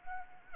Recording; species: mosquito wingbeat signal from an infrared sensor; Anopheles arabiensis